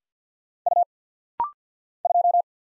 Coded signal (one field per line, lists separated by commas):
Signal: Morse code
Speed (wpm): 50 wpm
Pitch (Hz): 700 Hz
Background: none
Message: U 2